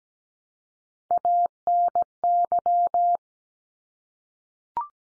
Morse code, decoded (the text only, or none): ANY